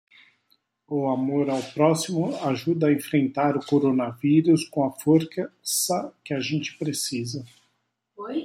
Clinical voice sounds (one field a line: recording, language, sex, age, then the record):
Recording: spoken sentence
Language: Brazilian Portuguese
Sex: male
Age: 50 to 59 years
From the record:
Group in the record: control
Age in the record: 54 years